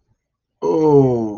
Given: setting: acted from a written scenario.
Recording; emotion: vocal sound without words; embarrassment